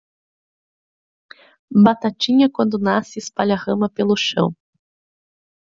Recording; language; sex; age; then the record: short text; Brazilian Portuguese; female; 30 to 39 years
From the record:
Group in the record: control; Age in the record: 38 years